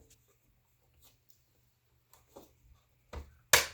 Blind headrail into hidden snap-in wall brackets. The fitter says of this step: 1, 2, 3 brackets on a blind this big, and we heard 3 clicks.